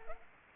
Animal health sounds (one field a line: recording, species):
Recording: mosquito wingbeat signal from an infrared sensor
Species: Culex pipiens